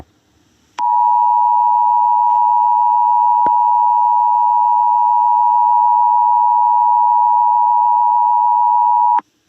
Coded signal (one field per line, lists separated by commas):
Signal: Emergency Alert System (SAME) tones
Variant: 853 and 960 Hz attention tone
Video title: eas scenario 1# thomas.exe